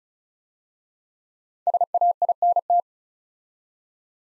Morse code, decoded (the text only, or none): SAINT